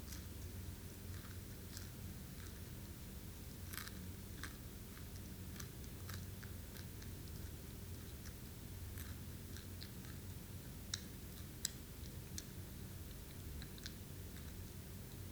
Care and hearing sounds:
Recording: daily activity, guitar pickup as the sensor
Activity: eat

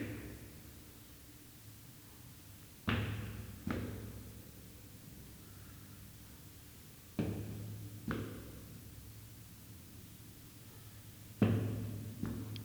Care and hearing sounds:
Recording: daily activity, guitar pickup as the sensor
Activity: go upstairs

